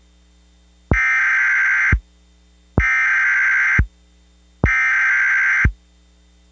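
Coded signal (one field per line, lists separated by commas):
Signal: Emergency Alert System (SAME) tones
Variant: header bursts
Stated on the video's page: Fictional EAS scenario containing valid tones, not a real alert.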